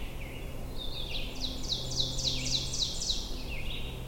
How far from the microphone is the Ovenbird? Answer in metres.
about 40 m